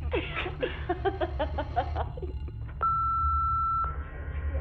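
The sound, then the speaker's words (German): An answering machine beep: one steady, mid-pitched electronic tone lasting about a second, following a couple of seconds of muffled voices over a low hum. “Hinterlassen Sie eine Nachricht nach dem Piepton.”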